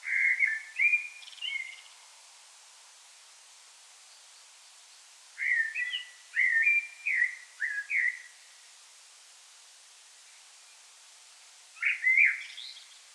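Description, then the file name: Common blackbird singing low whistled phrases in bursts, separated by pauses of several seconds, with a short final phrase near the end. "Turdus merula"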